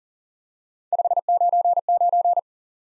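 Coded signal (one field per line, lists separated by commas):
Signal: Morse code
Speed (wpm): 40 wpm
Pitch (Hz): 700 Hz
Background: none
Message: 599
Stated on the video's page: Morse lesson drilling the QSO element 599 as a single word for instant word recognition.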